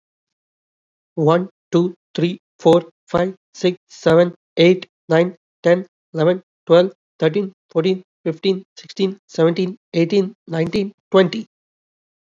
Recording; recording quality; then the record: counting at a fast pace; excellent, no background noise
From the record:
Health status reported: COVID-19 positive, mild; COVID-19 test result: positive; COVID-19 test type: RT-PCR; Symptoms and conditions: cough, cold, sore throat, muscle pain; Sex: male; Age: 28 years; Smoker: yes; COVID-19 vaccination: both doses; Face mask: worn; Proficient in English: yes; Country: India